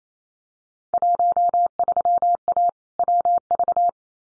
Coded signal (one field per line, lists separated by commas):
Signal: Morse code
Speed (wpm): 28 wpm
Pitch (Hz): 700 Hz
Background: none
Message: 13A WV